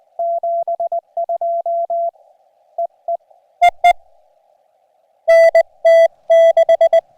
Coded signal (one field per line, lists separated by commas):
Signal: Morse code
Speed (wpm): 20 wpm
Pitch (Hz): 690 Hz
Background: none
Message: 72 EE EE NT6